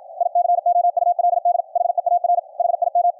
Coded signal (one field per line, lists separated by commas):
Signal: Morse code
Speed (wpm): 56 wpm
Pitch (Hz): 700 Hz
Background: none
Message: I COULD HEAR HIM